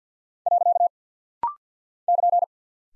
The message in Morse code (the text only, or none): . <KN>